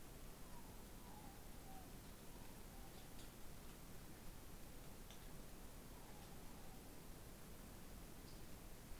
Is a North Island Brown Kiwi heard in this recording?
no